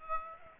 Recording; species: mosquito wingbeat signal from an infrared sensor; Aedes aegypti